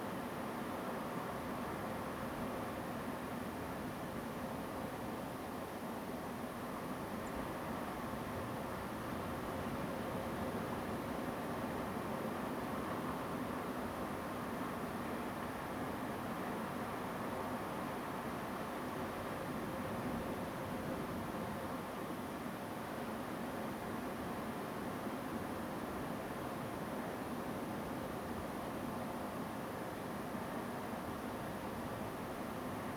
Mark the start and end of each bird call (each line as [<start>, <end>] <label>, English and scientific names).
[7.25, 7.29] Song Thrush (Turdus philomelos)